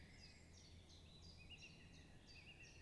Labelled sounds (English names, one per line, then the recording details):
Common Chiffchaff
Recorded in Germany
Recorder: ecoPi